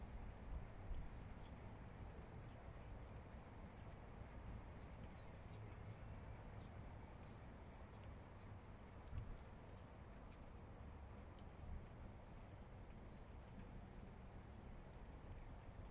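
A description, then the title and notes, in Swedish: Light drizzle gives a steady, dense hiss with a low rumble beneath, while short, high bird chirps break through every second or two. Njuter av småregn och fågelkvitter.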